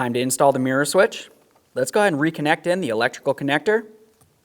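Someone talks while getting ready to reconnect the electrical connector into the mirror switch on a 2002-2005 Ford Explorer, with only a faint brief sound near 4.2 s after the speech. Nothing has seated or clicked yet; the connector is handled but not yet home.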